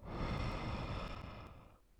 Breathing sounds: one breath near a microphone; exhalation

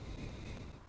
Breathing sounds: one breath near a microphone; exhalation

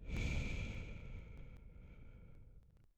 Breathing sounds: one breath near a microphone; exhalation

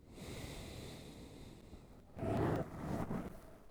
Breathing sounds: one breath near a microphone; exhalation

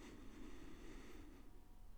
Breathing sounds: one breath near a microphone; inhalation

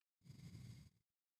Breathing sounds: one breath near a microphone; exhalation

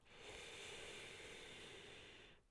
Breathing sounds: one breath near a microphone; inhalation

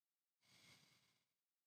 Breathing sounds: one breath near a microphone; exhalation

